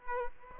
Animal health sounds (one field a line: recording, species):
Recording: mosquito wingbeat signal from an infrared sensor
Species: Aedes aegypti